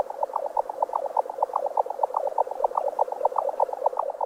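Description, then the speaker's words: Jack Snipe display song: a rapid, rhythmic galloping series of hollow knocking pulses, repeated steadily throughout. Eurasian species; eerie, trance-like sound from a bog in Sweden. "the hands-down winner in that category is the jacksnipe of Eurasia, with this eerie, trance-inspired number recorded at a studio in a Swedish bog."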